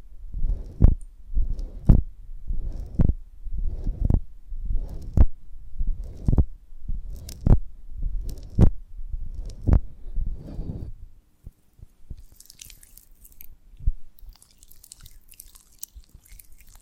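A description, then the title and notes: Honeycomb on a branch, handled for ASMR: soft, low thumps repeat at a steady pace about once a second for the first eleven seconds, each with a brief rustling swell. Then the thumps stop, leaving faint ticks and a thin, crackly sizzle. ASMR of a Honeycomb on Branch (No Talking).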